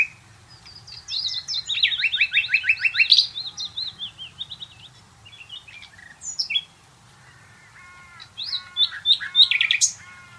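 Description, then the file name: Common nightingale singing a fast series of repeated notes, quieter twittering, then a second phrase of repeated notes. "Luscinia megarhynchos"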